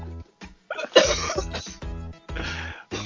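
An adult man gives a sharp, explosive cough among low voiced sounds, a plain cough.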